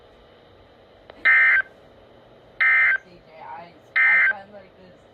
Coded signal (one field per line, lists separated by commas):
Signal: Emergency Alert System (SAME) tones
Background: speech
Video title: One More Alert Explosion (EAS 179-196)